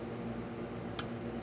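A small click-type torque wrench tightens another bolt on the intake manifold over a steady low hum. It gives one sharp, bright click at 0.99 s when it reaches its setting. No one talks.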